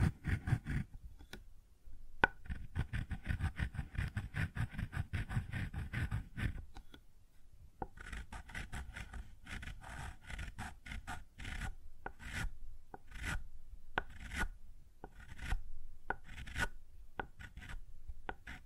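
Scratching and rubbing on a wooden surface, a dense rasping run until about seven seconds, then lighter irregular taps and scrapes with short pauses.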